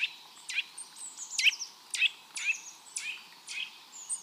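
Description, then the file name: Eurasian nuthatch calls: sharp, steeply downslurred notes repeated about twice a second, about eight in all. "Sitta europaea"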